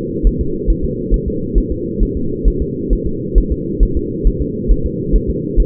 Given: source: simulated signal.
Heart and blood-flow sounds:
fetal heart sounds
0.27 s: S1
0.41 s: S2
0.70 s: S1
0.84 s: S2
1.14 s: S1
1.28 s: S2
1.58 s: S1
1.72 s: S2
2.03 s: S1
2.17 s: S2
2.48 s: S1
2.62 s: S2
2.93 s: S1
3.07 s: S2
3.38 s: S1
3.52 s: S2
3.83 s: S1
3.97 s: S2
4.27 s: S1
4.42 s: S2
4.72 s: S1
4.86 s: S2
5.16 s: S1
5.30 s: S2
5.60 s: S1
From the record:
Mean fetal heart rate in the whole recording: 135 bpm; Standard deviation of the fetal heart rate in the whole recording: 3 bpm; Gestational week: 36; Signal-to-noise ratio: -6.6 dB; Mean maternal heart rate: 72 bpm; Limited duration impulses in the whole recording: present

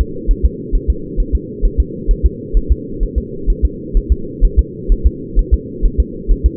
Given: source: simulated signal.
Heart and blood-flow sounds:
fetal heart sounds
0.01 s: S2
0.31 s: S1
0.45 s: S2
0.75 s: S1
0.90 s: S2
1.20 s: S1
1.35 s: S2
1.65 s: S1
1.80 s: S2
2.11 s: S1
2.26 s: S2
2.57 s: S1
2.72 s: S2
3.03 s: S1
3.18 s: S2
3.50 s: S1
3.65 s: S2
3.97 s: S1
4.12 s: S2
4.44 s: S1
4.59 s: S2
4.92 s: S1
5.07 s: S2
5.39 s: S1
5.54 s: S2
5.85 s: S1
6.00 s: S2
6.31 s: S1
6.46 s: S2
From the record:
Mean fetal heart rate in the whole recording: 130 bpm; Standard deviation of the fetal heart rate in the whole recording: 4 bpm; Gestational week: 38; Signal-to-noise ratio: -4.3 dB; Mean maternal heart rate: 72 bpm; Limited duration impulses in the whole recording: absent

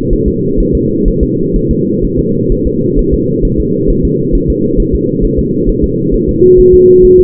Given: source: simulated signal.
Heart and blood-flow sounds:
fetal heart sounds
0.13 s: S1
0.28 s: S2
0.60 s: S1
0.75 s: S2
1.08 s: S1
1.23 s: S2
1.56 s: S1
1.71 s: S2
2.05 s: S1
2.19 s: S2
2.52 s: S1
2.67 s: S2
2.99 s: S1
3.14 s: S2
3.45 s: S1
3.60 s: S2
3.90 s: S1
4.05 s: S2
4.35 s: S1
4.50 s: S2
4.80 s: S1
4.95 s: S2
5.25 s: S1
5.39 s: S2
5.69 s: S1
5.84 s: S2
6.14 s: S1
6.29 s: S2
6.60 s: S1
6.74 s: S2
7.05 s: S1
7.20 s: S2
From the record:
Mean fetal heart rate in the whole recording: 130 bpm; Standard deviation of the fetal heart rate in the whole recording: 4 bpm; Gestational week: 38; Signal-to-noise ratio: -11.2 dB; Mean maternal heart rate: 72 bpm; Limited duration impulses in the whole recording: present

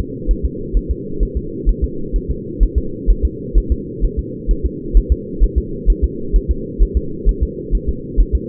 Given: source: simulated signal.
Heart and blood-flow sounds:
fetal heart sounds
0.31 s: S1
0.45 s: S2
0.77 s: S1
0.91 s: S2
1.23 s: S1
1.37 s: S2
1.69 s: S1
1.84 s: S2
2.16 s: S1
2.30 s: S2
2.63 s: S1
2.78 s: S2
3.11 s: S1
3.25 s: S2
3.58 s: S1
3.72 s: S2
4.05 s: S1
4.19 s: S2
4.51 s: S1
4.66 s: S2
4.97 s: S1
5.12 s: S2
5.44 s: S1
5.58 s: S2
5.90 s: S1
6.04 s: S2
6.36 s: S1
6.51 s: S2
6.82 s: S1
6.97 s: S2
7.29 s: S1
7.43 s: S2
7.75 s: S1
7.89 s: S2
8.20 s: S1
8.35 s: S2
From the record:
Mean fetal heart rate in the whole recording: 130 bpm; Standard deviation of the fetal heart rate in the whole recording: 2 bpm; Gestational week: 36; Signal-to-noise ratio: -4.3 dB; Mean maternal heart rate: 72 bpm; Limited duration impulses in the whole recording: absent

